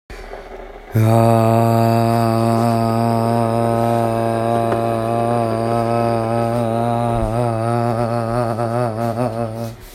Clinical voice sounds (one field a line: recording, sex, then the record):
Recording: sustained vowel /a/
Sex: female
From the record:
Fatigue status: fatigue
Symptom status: symptomatic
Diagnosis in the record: COVID-19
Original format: m4a